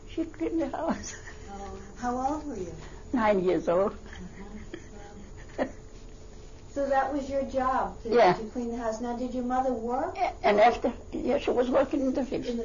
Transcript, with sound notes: She cleaned the house?"
How old were you?
Nine years old. ( she laughs )
So that was your job, to clean the house.
Yeah.
Now, did your mother work?
Yeah, she was working in the fields.